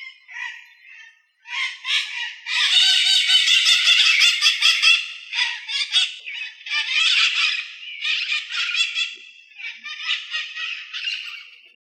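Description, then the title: Blue-fronted parrot uttering a long run of grating, nasal squawks and chattering notes, several short bursts separated by brief pauses. "Papagaio verdadeiro"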